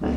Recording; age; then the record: pig call; growing-finishing pig (85 days or more)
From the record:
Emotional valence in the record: negative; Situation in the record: barren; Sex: female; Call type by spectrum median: low-frequency call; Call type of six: low-frequency tonal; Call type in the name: low-frequency stable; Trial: 3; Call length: 0.17 s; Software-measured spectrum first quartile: 170 Hz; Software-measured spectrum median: 280 Hz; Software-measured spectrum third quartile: 502 Hz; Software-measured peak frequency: 239 Hz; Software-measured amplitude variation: 109 dB a second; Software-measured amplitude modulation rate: 24.0 a second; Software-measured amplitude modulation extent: 4.5 dB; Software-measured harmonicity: -0.3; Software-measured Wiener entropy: -0.74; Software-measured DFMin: 1103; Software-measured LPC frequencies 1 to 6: 1647, 2813, 3973, 5209, 5843, 8092 Hz